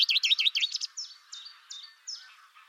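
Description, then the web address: Bird calls: a quick run of wavering, looping high notes, then four separate, clear, slurred chirps spaced about a third of a second apart. "cianscape birddata Deverinetal 2025 Bird Only Fr Co"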